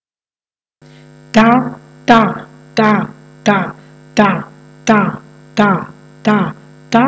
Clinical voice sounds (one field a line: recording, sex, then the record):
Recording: repeated syllable /ta/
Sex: female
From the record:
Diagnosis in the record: healthy control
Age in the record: 62 years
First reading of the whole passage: 101 s, 4.7 characters per second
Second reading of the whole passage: 77 s, 5.9 characters per second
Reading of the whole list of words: 66 s, 3.9 characters per second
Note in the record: marked for poor recording quality or reading difficulty